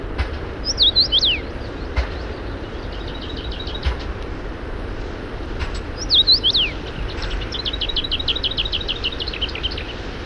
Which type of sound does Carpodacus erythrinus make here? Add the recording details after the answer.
song. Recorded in the wild. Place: Alt Reddevitz, Insel Rügen, Mecklenburg-Vorpommern, DE. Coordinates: 54.32, 13.71. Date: 1970-05-03. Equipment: Nagra III BH, Sennheiser MD 21, parabola. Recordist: Schubert, Michael